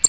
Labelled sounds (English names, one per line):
American Redstart flight call